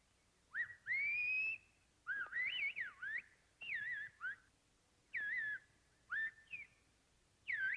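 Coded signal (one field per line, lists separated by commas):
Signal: whistled language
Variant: Silbo Gomero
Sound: loud gliding whistles rising and falling in short phrases, separated by brief pauses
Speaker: So long ago, ang mga gomera nakagawa ng pambihirang anyo ng pagsasalita sa telepono, pagsipol, na maaaring maunawaan sa layong tatlong milya. Ibig mong sabihin sila sipol sa Espanyol? Sa isang paraan. Ang mga katinig at patinig ay ganap na kinakatawan sa pamamagitan ng mga pagkakaiba sa pitch. Sumipol na wika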